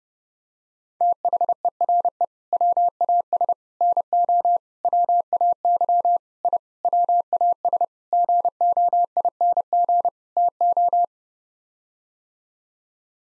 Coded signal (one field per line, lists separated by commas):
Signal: Morse code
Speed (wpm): 30 wpm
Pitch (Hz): 700 Hz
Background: none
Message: THERE WAS NO WAY I WAS GOING TO